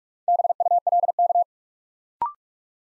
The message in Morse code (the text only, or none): BULK